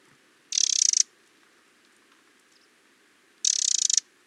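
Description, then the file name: Eurasian wren giving two rapid clicking rattles, each a quick run of dry ticks, with a silent gap of a few seconds between them. "Troglodytes troglodytes"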